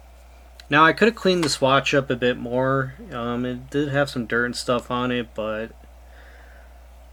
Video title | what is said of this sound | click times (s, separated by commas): Movado Vizio 84.36.1831 women's watch using ETA 956.112 review + Battery gasket service | And it just you heard a click there. | 0.6 s